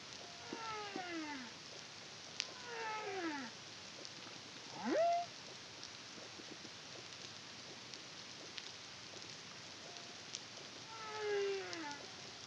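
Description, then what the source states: Humpback whale song units, faint: descending harmonic swoops and one rising whoop, widely spaced amid clicks and steady underwater hiss. Caribbean, CARIMAM project, 2023.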